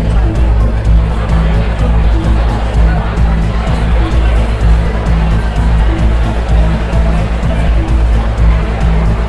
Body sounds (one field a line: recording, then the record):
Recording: background sound without coughing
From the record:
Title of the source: Party Noise 1 Hour Party Ambience